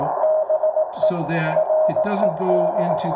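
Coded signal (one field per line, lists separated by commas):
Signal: Morse code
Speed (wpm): 18 wpm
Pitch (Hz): 620 Hz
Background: speech, radio noise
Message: BE RED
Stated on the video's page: Older rig's CW heard through a Timewave DSP audio filter.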